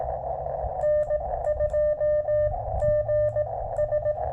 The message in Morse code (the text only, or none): N2GS